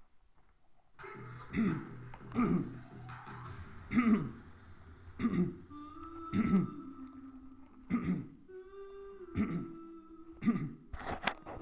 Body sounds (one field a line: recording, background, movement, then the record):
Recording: throat clearing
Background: music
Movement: sitting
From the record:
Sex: male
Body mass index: 22.0 kg/m2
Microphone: on the chest, facing the body